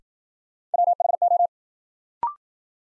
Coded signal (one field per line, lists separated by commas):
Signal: Morse code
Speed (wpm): 53 wpm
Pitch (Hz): 700 Hz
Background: none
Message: WHO